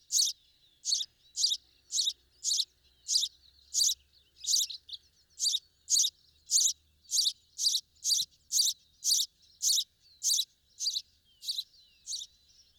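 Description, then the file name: House sparrow giving a steady series of clipped chirps, nearly two per second, fairly even in rhythm. "Passer domesticus"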